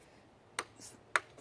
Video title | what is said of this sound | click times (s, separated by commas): Earthwise TC70001 11-Inch 8.5-Amp Electric Tiller/Cultivator #Unboxing & Assembly #NotSponsored | on things they just go right on top and just snap | 0.6 s, 1.2 s